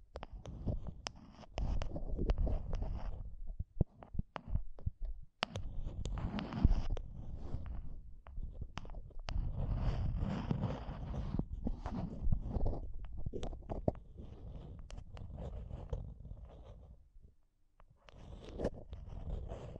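Mic tapping and scratching go on almost without pause, a dense, rough rubbing heavy in the low end with frequent sharp taps cutting through. The scratching thins out briefly around seventeen seconds, nearly stopping, then returns with brighter, crisp strokes toward the end.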